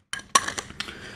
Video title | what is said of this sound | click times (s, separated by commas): BEST VALUE MACRO LENS // Laowa CF 65mm F2.8 Macro 2x | so this lens hood actually gives a click when you put it in place and it prevents it from falling off | 0.4 s